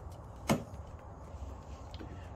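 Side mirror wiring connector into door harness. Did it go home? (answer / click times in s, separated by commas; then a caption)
yes / 0.5 s. A replacement side mirror's wiring harness connector on a Kia Forte is plugged into the car's door harness. A sharp click at 0.5 s marks it seating, followed by quiet background noise and a faint tick near 1.9 s. The connector is seated, and the mirror is plugged in.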